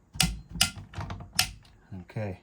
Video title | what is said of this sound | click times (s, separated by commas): Backland Hunter - Disassembly Guide | make sure that they each have three clicks on them. | 0.2 s, 0.6 s, 1.4 s